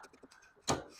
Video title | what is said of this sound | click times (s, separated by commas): Wen Generator 4750W - Assemble and Start | And that snaps right in place. | 0.7 s